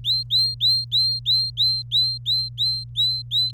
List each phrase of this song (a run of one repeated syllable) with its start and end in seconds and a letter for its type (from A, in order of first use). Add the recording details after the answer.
0.04-3.51 A. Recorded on 26 April 2018 at 15:10. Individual llb3